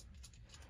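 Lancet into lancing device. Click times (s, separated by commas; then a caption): 0.2 s. A plastic lancet is pushed all the way into a lancing device and clicks home at 0.3 s, followed by two fainter ticks at about 0.3 and 0.5 s over a low background hum. The lancet is seated, and the device button turns orange to show it is loaded.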